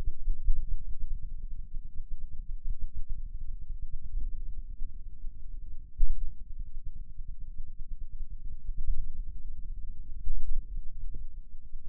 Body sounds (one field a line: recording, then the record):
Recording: forearm muscle sounds (acoustic myography)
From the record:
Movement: pen grasping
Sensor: system 2, bracelet of six BSWA MPA416 microphones around the upper forearm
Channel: 1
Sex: male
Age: 22 years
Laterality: right